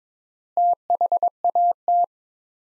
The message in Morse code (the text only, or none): THAT